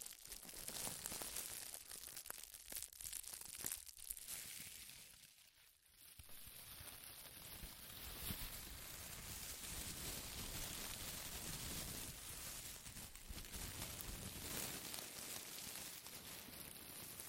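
Powerful crinkling fills nearly the whole stretch, a dense, rough, hissing crackle covering lows and highs alike with many fast irregular bursts. Around five to six seconds it thins briefly and drops quieter, then returns just as thick and steady to the end.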